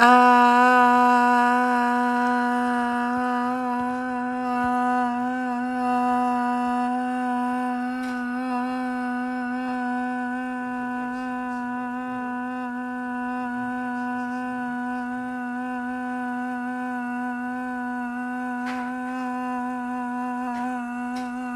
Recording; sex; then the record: sustained vowel /a/; female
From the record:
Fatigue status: no fatigue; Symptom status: symptomatic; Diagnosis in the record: COVID-19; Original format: m4a